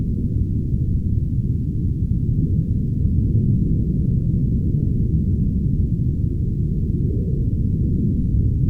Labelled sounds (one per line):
aircraft